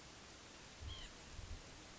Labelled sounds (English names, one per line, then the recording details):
White-breasted Nuthatch
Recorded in Sonoma County, California